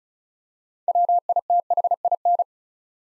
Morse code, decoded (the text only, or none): WITHIN